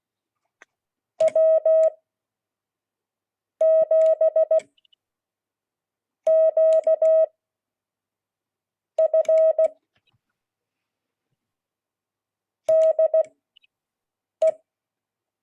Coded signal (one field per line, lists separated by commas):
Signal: Morse code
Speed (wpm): 16 wpm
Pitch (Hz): 640 Hz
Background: none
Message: W7QF DE